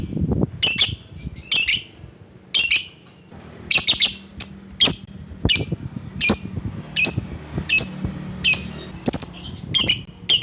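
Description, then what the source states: Lovebird calls: a long series of shrill, high squawking chirps repeated about once or twice a second, with a faint low hum. Lovebird calling to a rival.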